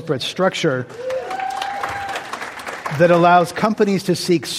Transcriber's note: applause